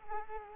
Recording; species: mosquito wingbeat signal from an infrared sensor; Culex quinquefasciatus